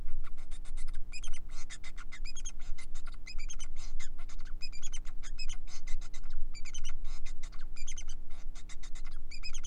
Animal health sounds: song of a male Bengalese finch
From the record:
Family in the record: son of father 4

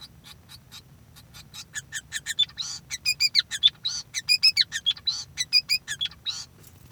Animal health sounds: song of a male Bengalese finch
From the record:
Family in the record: son of father 5

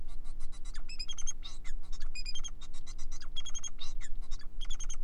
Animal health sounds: song of a male Bengalese finch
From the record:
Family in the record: son of father 4

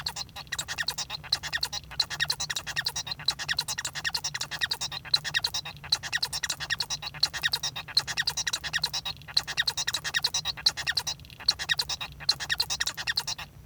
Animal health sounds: song of a male Bengalese finch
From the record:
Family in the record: son of father 1

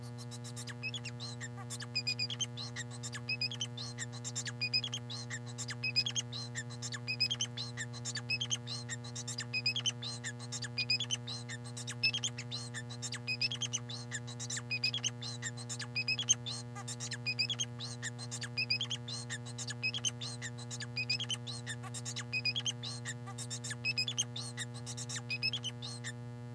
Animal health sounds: song of a male Bengalese finch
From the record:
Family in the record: son of father 4

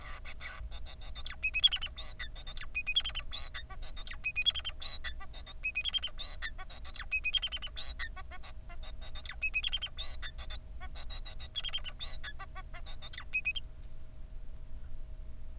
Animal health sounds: song of a male Bengalese finch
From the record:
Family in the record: son of father 4

